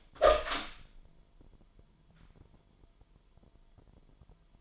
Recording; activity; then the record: daily activity, microphone in the room; open door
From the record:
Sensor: 5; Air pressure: 998.4 hPa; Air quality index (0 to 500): 82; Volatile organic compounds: 1 ppm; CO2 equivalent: 938 ppm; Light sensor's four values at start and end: 31/75/31/34 and 31/76/31/34